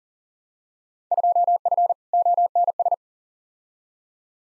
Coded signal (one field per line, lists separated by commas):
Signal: Morse code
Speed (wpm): 38 wpm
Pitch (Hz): 700 Hz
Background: none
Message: 2F ONS